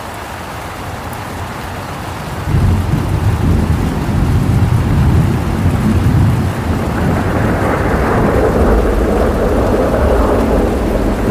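Thunder and a rainstorm: steady rain hisses throughout, and at about two and a half seconds a deep thunder rumble swells in, rolling low and heavy for several seconds. After seven seconds the rumble eases while the rain grows brighter and fuller through the end.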